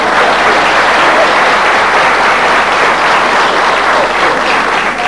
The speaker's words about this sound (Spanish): El aplauso para el padre Carreño, que es el padre de la idea.